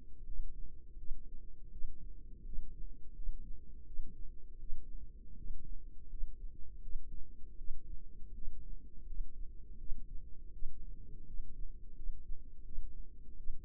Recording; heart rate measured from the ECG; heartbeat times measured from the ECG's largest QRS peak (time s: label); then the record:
heart sounds by microphone in the left ear; 82 bpm
0.26 s: heartbeat
0.98 s: heartbeat
1.71 s: heartbeat
2.45 s: heartbeat
3.15 s: heartbeat
3.86 s: heartbeat
4.59 s: heartbeat
5.37 s: heartbeat
6.09 s: heartbeat
6.82 s: heartbeat
7.57 s: heartbeat
8.34 s: heartbeat
9.06 s: heartbeat
9.78 s: heartbeat
10.52 s: heartbeat
11.26 s: heartbeat
11.95 s: heartbeat
12.64 s: heartbeat
13.37 s: heartbeat
From the record:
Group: healthy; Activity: rest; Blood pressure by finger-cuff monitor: 106/69 mmHg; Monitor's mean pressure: 78 mmHg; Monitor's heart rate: 82 bpm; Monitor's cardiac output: 6.3 L/min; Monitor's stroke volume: 77 mL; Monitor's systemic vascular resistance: 900 dyn s/cm5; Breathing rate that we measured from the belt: 21 breaths a minute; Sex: female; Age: 22 years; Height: 163 cm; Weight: 67.1 kg